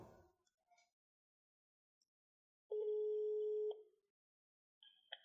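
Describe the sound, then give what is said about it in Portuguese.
A loud, steady electronic telephone tone holds for about a second after a few faint clicks, followed by a shorter, higher-pitched beep like a disconnect signal, as a phone call drops. “tá caindo a ligação, né?”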